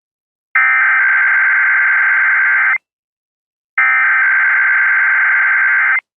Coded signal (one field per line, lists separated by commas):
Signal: Emergency Alert System (SAME) tones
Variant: header bursts